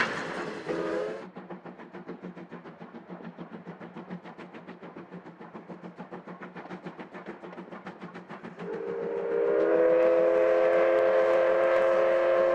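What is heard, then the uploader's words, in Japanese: A steam locomotive hauling a train, its exhaust chuffing in a fast, steady rhythm over a low rumble. A brief whistle sounds at the very start, and from about nine seconds a loud, sustained whistle blast rings out to the end. 真岡鐵道を走るC12 66牽引の「SLもおか」です。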